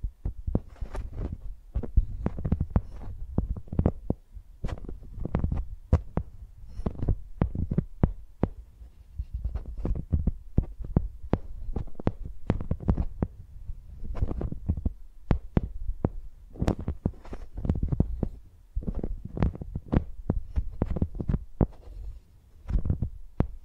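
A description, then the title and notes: Microphones are used like pencils, producing a dense, irregular stream of knocks and taps. Each hit lands as a heavy, dull thump with a sharp click on top, coming several times a second with brief pauses around 8 and 15 seconds, over a low steady hum. Using Mics as Pencils (No Talking).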